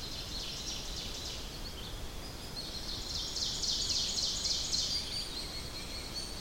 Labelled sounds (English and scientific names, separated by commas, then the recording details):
Ovenbird (Seiurus aurocapilla) song
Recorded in boreal forest in Alberta, Canada, on 10 June 2016 at 08:56
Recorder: SongMeter 3, array SBT-3-39
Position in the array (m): 212 m, 176 m
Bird 17